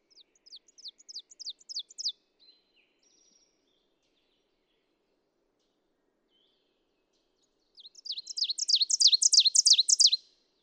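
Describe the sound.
Ovenbird song, the tail of one crescendo of repeated chip-like phrases, a long quiet gap, then a full new song swelling in volume before ending.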